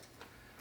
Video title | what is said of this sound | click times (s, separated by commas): How to Assemble RBV150NX | When you're engaging it, put it in until it clicks, | 0.2 s